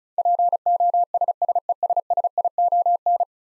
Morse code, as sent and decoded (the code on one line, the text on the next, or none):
.--. --- ... ... . ... ... .. --- -.
POSSESSION